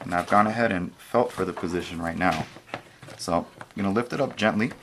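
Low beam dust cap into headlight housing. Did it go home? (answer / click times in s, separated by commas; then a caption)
no / none. Someone talks while positioning the plastic low beam dust cap against a W204 headlight housing with an R3 LED setup, its tabs lined up just left of the housing's notches, and gently lifting it into place. Only speech and faint handling sounds are heard. The cap has not yet been turned clockwise, and nothing has clicked or seated yet.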